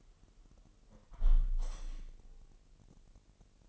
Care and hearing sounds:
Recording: daily activity, microphone in the room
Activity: close window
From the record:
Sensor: 4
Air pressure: 1000.8 hPa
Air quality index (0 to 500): 244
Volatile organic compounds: 42 ppm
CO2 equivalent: 3175 ppm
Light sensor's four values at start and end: 9/21/8/8 and 9/20/8/7

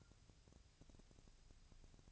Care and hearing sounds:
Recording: daily activity, microphone in the room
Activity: take from stove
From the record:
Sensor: 2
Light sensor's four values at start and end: 6/15/6/6 and 6/15/6/6

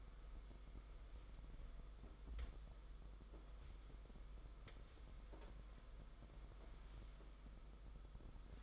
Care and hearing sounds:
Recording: daily activity, microphone in the room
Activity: wipe stove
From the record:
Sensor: 5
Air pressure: 991.7 hPa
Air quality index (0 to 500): 126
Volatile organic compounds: 57 ppm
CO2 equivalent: 3380 ppm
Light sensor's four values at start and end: 35/106/41/44 and 33/96/38/41

